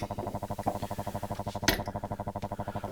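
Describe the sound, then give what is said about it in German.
A watertight glass jar of rice being handled gives a single sharp clink partway through, set against a steady, rapidly pulsing low buzz that runs the whole time. No one speaks. “Und jetzt ein wasserdichtes Glas mit Reis.”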